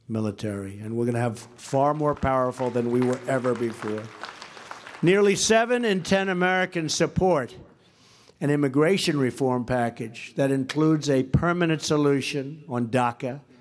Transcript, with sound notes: military. And we’re going to have far more powerful than we were ever before. (Applause.) Nearly 7 in 10 Americans support an immigration reform package that includes a permanent solution on DACA.